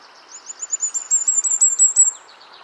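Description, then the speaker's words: Firecrest singing a rapid series of thin, very high notes that rise and grow louder, with a soft hiss beneath. Call rendered zoo zoo zee zee, slightly lower pitched than goldcrest's, ending in a brief trill, lacking goldcrest's cyclic rhythm; very high pitched; presence often betrayed by call and male's song. "presence is often betrayed by its call and the male's song, which is, as often the case, difficult to accurately describe."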